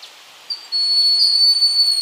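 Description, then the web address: Broad-winged hawk call: a thin, high, steady whistle held for over a second after a short faint lead-in note, with a quiet hiss behind. Ecuador. "Birds of Ecuador. Broad-winged Hawk"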